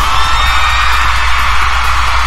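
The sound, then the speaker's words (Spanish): A crowd roars in a steady, loud ovation, cheering and applauding in a dense unbroken wash of noise for about two seconds, with no voices standing out. “Un fuerte aplauso. Es más, ovación no me quedó Cosmos.”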